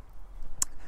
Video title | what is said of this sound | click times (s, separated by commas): Roomtour VW Camper Ausbau T6 - Modul One - für alle Busse kurzer Radstand | Wenn man den Hebel drückt, kann man die Platte rausziehen. Jetzt hört man es gleich, eingeklickt. | 0.6 s